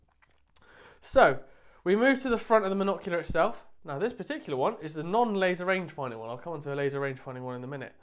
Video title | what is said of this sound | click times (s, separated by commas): The NEW (2022) HIKMICRO Gryphon FUSION Thermal & Optical Monocular Series | say you don't need to push the button again make sure it's lined up with where it came out and just click and there's a nice positive click on the front | 0.6 s